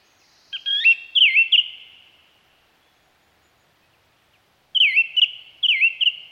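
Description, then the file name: Song thrush song: one fluty phrase of repeated downslurred notes, a long silence, then the same phrase given twice in quick succession. "Zanglijster"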